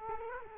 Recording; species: mosquito wingbeat signal from an infrared sensor; Culex quinquefasciatus